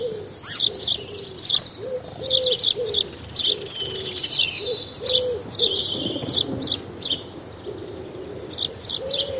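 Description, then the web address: Birds singing: a steady run of low cooing notes under bright, rapid chirps and sharp twittering phrases. Summer morning birdsong. "Tom Hutchings Birdsong Summer Morning"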